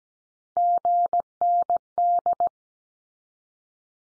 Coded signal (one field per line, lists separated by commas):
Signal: Morse code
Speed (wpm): 17 wpm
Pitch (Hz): 700 Hz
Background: none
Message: GND